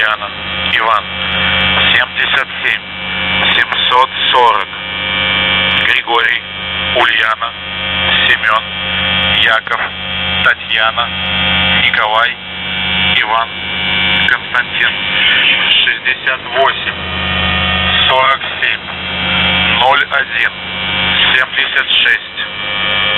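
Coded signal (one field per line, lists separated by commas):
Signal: coded military voice message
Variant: UVB-76, Russian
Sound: steady low buzzing tone with a Russian voice spelling names and reading number groups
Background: radio static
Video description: "The Buzzer" is a Russian military radiostation that broadcasts on 4625 kHz.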